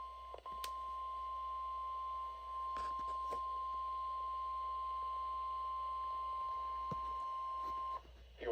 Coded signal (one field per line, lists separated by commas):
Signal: Emergency Alert System (SAME) tones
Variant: 1050 Hz attention tone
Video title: EAS #9 | PBZ Required Weekly Test